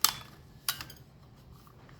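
The plastic housing halves of a Makita 18 V power tool battery pack are pushed back together after a repair. Two sharp, bright plastic clicks land at 0.05 s and 0.69 s, each followed by a few faint ticks. The housing clips lock and the halves seat back together.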